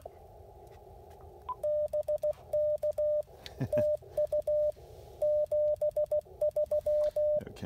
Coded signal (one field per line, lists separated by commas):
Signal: Morse code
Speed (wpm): 16 wpm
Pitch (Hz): 600 Hz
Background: radio noise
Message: BK TU 73